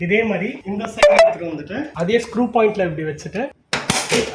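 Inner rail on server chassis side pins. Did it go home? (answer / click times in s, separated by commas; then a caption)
yes / 3.7 s. Someone talks while placing the second inner rail onto the same screw points on the side pins of an HPE ProLiant DL380 Gen10 server chassis. After a brief silence, a sharp click at 3.7 s marks the rail locking onto the chassis, followed by metallic rattling. The rail is seated and locked.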